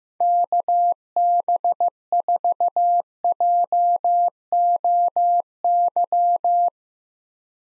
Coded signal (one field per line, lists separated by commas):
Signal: Morse code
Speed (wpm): 15 wpm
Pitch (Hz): 700 Hz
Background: none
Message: KB4JOY